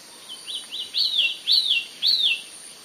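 Broad-billed flycatcher giving a series of arched, down-slurred whistled notes that grow louder and longer, six or so in under three seconds.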